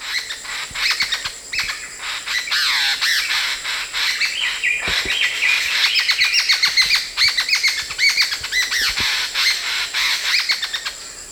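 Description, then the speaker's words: Jungle babblers chattering as a group, a dense, continuous jumble of harsh squeaky and rasping notes overlapping rapidly throughout. Noisy flock chattering constantly while foraging on the ground; the species is called Seven Sisters for its flocks of six or seven. "You can hear their constant chatter as they forage, probably sharing the daily news and gossip with each other, which actually has led to them being called the Seven Sisters."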